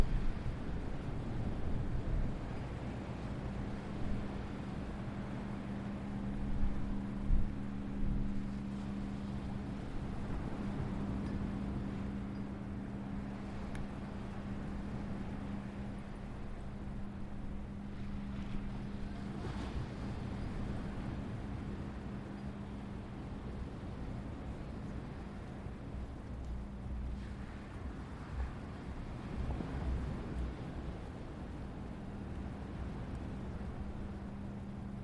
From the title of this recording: Asbury Park Beach